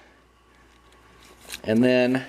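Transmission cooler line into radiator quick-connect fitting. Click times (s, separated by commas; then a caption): 1.5 s. On a 2008 Chevy Suburban, a new metal transmission cooler tube with its retaining spring is pushed by hand into the radiator quick-connect fitting. After a quiet stretch, a short, sharp click lands at 1.5 s as the line seats, and then someone talks.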